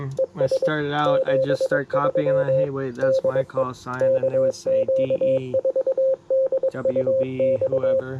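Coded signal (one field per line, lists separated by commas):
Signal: Morse code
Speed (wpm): 22 wpm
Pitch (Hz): 530 Hz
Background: speech, radio noise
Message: ES 73 DE KQ4DUX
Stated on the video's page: POTA activation with Yaesu FT-710, CW on 30m and 20m, after poor band conditions.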